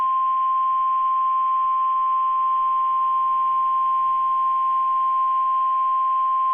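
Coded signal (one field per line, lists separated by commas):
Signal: Emergency Alert System (SAME) tones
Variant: 1050 Hz attention tone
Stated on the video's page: National Weather Service Ruskin weekly test; tones stated as valid.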